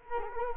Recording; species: mosquito wingbeat signal from an infrared sensor; Culex quinquefasciatus